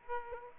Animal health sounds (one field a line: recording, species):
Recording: mosquito wingbeat signal from an infrared sensor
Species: Aedes aegypti